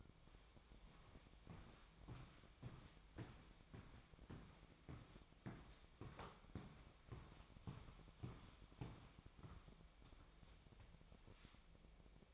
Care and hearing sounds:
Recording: daily activity, microphone in the room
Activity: walk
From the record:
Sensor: 1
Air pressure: 1001.6 hPa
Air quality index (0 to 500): 222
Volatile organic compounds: 30 ppm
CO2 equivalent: 2956 ppm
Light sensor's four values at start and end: 9/31/11/13 and 9/32/11/13

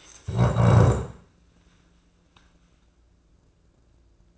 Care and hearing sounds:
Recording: daily activity, microphone in the room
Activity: stand up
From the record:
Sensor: 2

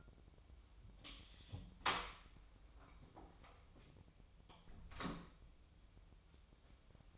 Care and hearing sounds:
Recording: daily activity, microphone in the room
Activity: close door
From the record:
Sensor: 1

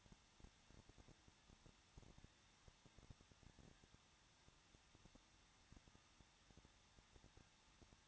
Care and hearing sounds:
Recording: daily activity, microphone in the room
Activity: no activity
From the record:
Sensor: 3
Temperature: 21.2 degrees Celsius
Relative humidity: 36.3%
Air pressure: 1006.3 hPa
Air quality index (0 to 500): 222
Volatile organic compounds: 41 ppm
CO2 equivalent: 3166 ppm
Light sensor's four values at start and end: 2/3/2/2 and 2/3/2/2

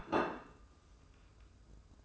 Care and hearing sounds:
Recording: daily activity, microphone in the room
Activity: place plate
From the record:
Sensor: 2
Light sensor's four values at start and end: 14/46/18/17 and 14/46/18/17

